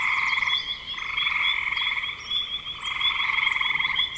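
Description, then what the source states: Frog chorus of fast pulsed trills, a short lull in the middle before the calling builds again. Recorded in spring 2025.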